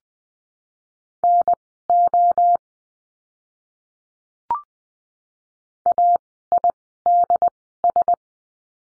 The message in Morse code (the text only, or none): NO AIDS